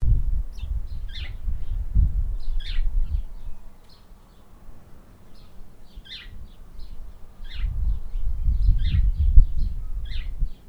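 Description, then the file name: House sparrow chirping in a series of short, bright notes, several a second, with a low rumble rising and fading underneath. "Passer domesticus"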